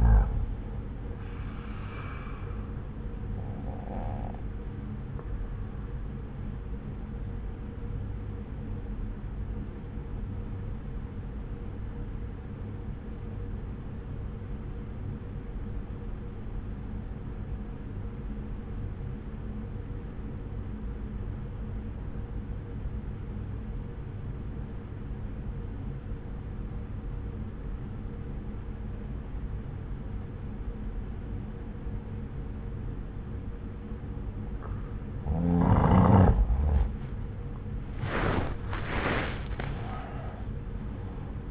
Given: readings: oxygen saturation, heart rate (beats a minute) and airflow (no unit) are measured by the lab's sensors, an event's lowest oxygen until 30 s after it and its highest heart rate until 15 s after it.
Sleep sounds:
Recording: breathing in sleep by a smartphone at the bedside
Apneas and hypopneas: 1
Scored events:
7.00-36.80 s: obstructive apnea (N1, oxygen 95% highest, then 87% lowest)
From the record:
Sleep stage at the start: N1 (lightest sleep)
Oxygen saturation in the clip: 86 to 95%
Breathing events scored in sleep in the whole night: 303 in 8.1 hours asleep

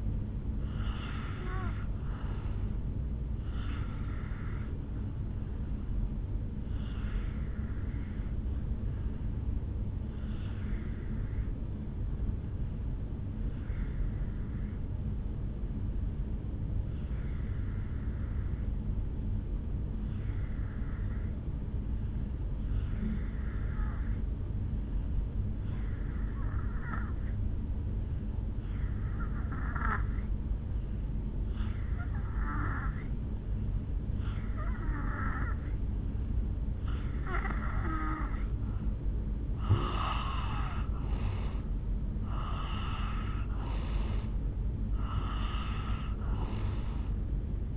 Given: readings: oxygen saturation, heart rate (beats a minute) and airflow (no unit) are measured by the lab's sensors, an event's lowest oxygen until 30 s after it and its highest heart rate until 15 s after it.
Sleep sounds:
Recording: breathing in sleep by a smartphone at the bedside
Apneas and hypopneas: 1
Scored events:
7.00-39.00 s: hypopnea (N2, oxygen 94% highest, then 82% lowest, heart rate 65 at the start, 71 highest)
From the record:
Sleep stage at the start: N2 (light sleep)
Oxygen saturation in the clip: 83 to 94%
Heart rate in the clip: 57 to 71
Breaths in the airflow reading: 9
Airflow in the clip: -8.9 to 4.6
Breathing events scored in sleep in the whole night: 449 in 7.0 hours asleep

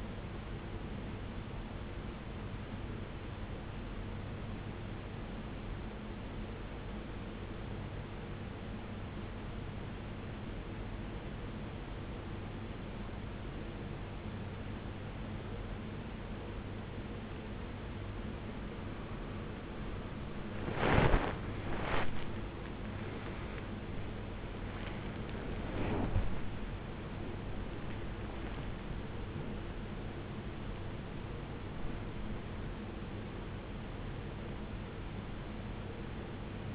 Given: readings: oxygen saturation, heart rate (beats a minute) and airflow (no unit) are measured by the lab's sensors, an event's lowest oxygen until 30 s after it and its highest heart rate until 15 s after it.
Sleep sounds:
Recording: breathing in sleep by a voice recorder at the bedside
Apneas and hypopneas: 1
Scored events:
4.00-19.40 s: obstructive apnea (N1, oxygen 94% highest, then 81% lowest, heart rate 67 at the start, 80 highest)
7.00-36.75 s: new sleep stage, N2 (light sleep)
From the record:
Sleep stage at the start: N1 (lightest sleep)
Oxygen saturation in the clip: 82 to 94%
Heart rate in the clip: 57 to 82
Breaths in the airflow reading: 6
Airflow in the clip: -17.5 to 15.2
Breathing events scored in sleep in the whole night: 389 in 6.3 hours asleep

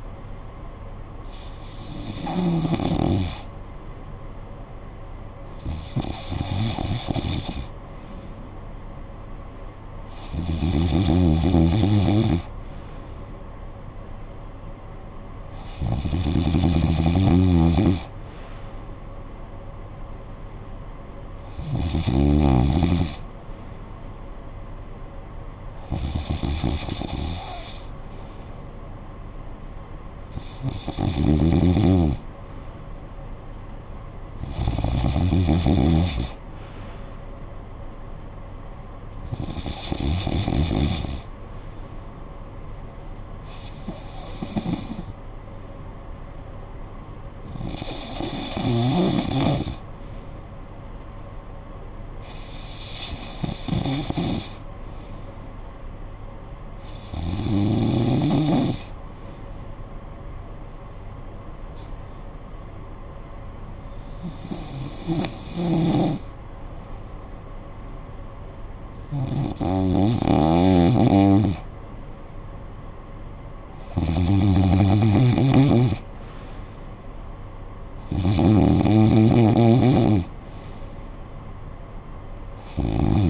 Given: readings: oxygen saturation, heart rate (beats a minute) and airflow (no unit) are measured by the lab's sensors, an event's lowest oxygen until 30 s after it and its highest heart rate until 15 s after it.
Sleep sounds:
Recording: breathing in sleep by a smartphone at the bedside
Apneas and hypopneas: none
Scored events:
none scored
From the record:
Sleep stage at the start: N2 (light sleep)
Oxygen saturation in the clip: 93 to 95%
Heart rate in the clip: 56 to 64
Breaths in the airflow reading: 18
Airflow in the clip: -12.1 to 9.0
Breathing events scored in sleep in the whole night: 445 in 7.6 hours asleep

